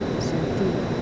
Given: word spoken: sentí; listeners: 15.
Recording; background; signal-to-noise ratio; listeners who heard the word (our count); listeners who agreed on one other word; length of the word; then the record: one Spanish word in noise, from a listening test; speech-shaped noise; -4.5 dB; 2 of 15; 11 of 15; 0.62 s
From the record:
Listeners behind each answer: 11, 2, 1, 1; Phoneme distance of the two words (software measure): 7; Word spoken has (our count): 2 syllables, 5 phonemes, stress on syllable 2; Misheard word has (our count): 2 syllables, 6 phonemes, stress on syllable 2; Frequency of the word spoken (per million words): 28.02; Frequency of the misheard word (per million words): 56.25